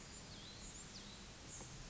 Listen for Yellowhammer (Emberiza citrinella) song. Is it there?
no